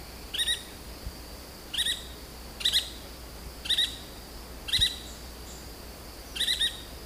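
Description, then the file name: Yellow-fronted woodpecker calls: sharp, squeaky high notes in short bursts, spaced about a second apart, over a thin continuous background tone. "canto do benedito de testa amarela"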